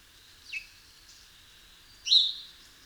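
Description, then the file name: House sparrow call: a soft brief chirp followed about one and a half seconds later by a louder, fuller chirp, faint hiss underneath. "Passer domesticus"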